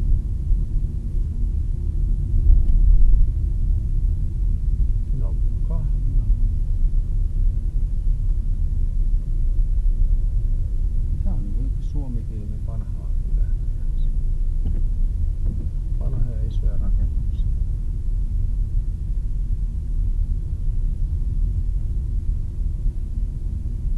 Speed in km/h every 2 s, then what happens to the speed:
22, 19, 18, 18, 17, 16, 16, 17, 17, 18, 19, 19.
0-10 slows to 16. 10-24 steady at about 17.